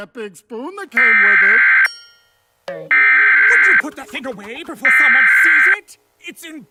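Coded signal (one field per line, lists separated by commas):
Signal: Emergency Alert System (SAME) tones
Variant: header bursts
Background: speech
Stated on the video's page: Simulated fictional EAS scenario, not a real alert.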